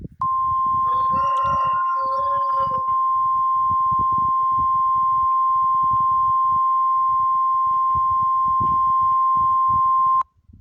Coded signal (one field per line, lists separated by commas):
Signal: Emergency Alert System (SAME) tones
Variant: 1050 Hz attention tone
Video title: EMERGENCY ALERT SYSTEM